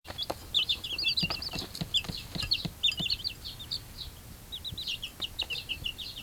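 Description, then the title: Silkie chicken chicks peeping, a dense chorus of high, thin chirps in quick overlapping bursts with brief pauses. Silkie breed chicks, several, settling and getting ready for sleep; recorded 20 June 2022. "Silky Chicks getting ready for sleep 2022/06/20"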